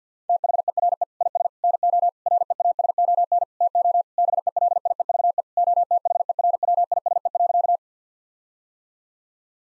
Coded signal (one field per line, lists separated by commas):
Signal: Morse code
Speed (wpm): 50 wpm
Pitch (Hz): 700 Hz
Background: none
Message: THERE IS NO REASON TO BELIEVE OTHERWISE.